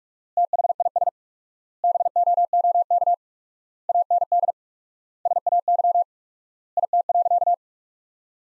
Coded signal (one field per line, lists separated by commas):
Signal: Morse code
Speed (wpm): 46 wpm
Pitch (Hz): 700 Hz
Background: none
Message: THIS BOOK AND SAY IT.